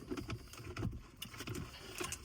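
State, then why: Seated. A wiring harness connector, unplugged earlier during an anti-theft strap install on a Charger or Challenger, is pushed back into its socket behind the interior plastic trim. Light handling noises come first, then a sharp click at 1.2 s as the connector seats.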